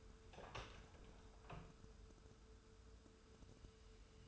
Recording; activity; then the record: daily activity, microphone in the room; open door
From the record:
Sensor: 2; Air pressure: 1015.0 hPa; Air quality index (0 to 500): 158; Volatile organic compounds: 8 ppm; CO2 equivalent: 2049 ppm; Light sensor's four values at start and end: 13/35/14/15 and 13/35/14/15